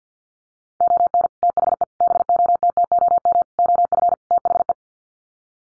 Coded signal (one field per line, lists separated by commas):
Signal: Morse code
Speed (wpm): 50 wpm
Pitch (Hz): 700 Hz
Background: none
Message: ON THE BOTTOM OF THE